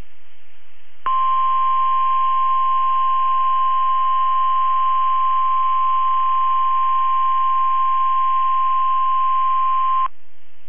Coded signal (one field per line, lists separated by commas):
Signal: Emergency Alert System (SAME) tones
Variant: 1050 Hz attention tone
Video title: NWR RWTs and a few RMTs (EAS #983-#995)